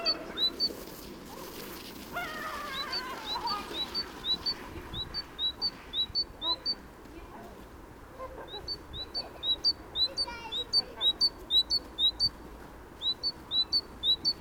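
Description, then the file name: Great tit repeating sharp two-note phrases in runs separated by brief gaps, over a soft background. "Parus major"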